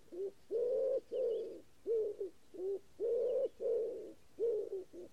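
Common wood pigeon giving deep, muffled coos, a rhythmic sequence of short and longer hoots repeated over several seconds.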